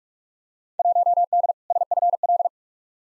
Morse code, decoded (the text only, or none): 1D SFL